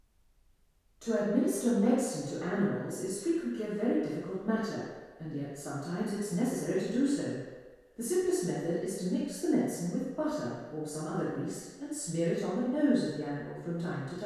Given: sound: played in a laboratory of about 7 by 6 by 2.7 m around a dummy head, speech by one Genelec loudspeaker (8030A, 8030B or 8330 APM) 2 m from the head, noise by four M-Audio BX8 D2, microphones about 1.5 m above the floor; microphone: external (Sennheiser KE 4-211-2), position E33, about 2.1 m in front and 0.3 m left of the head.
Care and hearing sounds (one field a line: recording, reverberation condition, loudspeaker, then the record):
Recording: female speech in English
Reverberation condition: high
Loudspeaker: 60 degrees to the left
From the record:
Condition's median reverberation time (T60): about 1300 ms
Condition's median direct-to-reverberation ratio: about -4.0 dB